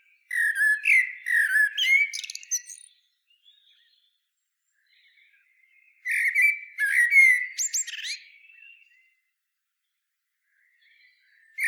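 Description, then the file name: Common blackbird singing two separate phrases, each mellow fluted whistles running into high scratchy twitters, with several seconds of silence between them. "Turdus merula"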